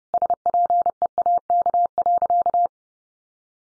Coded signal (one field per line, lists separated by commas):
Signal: Morse code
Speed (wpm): 28 wpm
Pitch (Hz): 700 Hz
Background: none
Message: SPEAK.